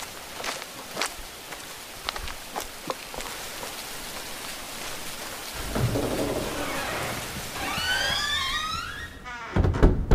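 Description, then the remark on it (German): Heavy rain hisses steadily throughout, with scattered sharp drips early on. Partway through, a deep rumble of thunder swells and lingers under the downpour, followed by a few brief squeaky chirps near the end. “Ich muss gleich erstmal etwas anderes anziehen. Ich bin ja schon klatschnass.”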